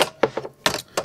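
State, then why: Seated. A 3D-printed plastic magazine holder is pushed into a printed toy blaster battery door, giving a series of sharp plastic clicks and rattles. The loudest snap at 0.7 s is where the holder seats into the door.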